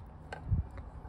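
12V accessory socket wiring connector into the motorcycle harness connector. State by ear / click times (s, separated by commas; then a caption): not seated / none. The male and female plugs of a 12V accessory socket wiring connector are pushed together by hand toward the harness connector on a Honda Rebel 500 motorcycle. A faint, short tick at 0.3 s is followed by a low, dull thump around 0.5–0.6 s and another faint tick near 0.8 s. Nothing has seated or clicked yet.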